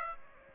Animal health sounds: mosquito wingbeat signal from an infrared sensor; Aedes aegypti

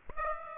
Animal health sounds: mosquito wingbeat signal from an infrared sensor; Aedes aegypti

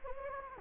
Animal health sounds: mosquito wingbeat signal from an infrared sensor; Anopheles gambiae

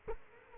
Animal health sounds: mosquito wingbeat signal from an infrared sensor; Culex quinquefasciatus

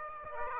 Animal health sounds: mosquito wingbeat signal from an infrared sensor; Aedes aegypti

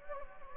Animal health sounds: mosquito wingbeat signal from an infrared sensor; Anopheles gambiae

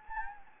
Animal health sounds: mosquito wingbeat signal from an infrared sensor; Anopheles gambiae

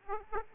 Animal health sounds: mosquito wingbeat signal from an infrared sensor; Aedes aegypti

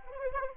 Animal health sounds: mosquito wingbeat signal from an infrared sensor; Anopheles arabiensis

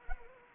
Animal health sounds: mosquito wingbeat signal from an infrared sensor; Anopheles arabiensis

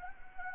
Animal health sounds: mosquito wingbeat signal from an infrared sensor; Anopheles arabiensis

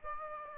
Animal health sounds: mosquito wingbeat signal from an infrared sensor; Aedes aegypti

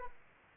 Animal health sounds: mosquito wingbeat signal from an infrared sensor; Aedes aegypti

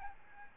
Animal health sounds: mosquito wingbeat signal from an infrared sensor; Aedes albopictus

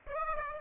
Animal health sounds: mosquito wingbeat signal from an infrared sensor; Aedes aegypti

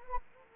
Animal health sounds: mosquito wingbeat signal from an infrared sensor; Anopheles gambiae

